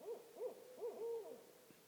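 Barred owl hooting: several short low hoots that rise and fall, ending in a longer, steadier hoot, over a quiet background.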